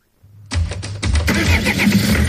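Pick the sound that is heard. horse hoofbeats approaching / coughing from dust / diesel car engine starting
diesel car engine starting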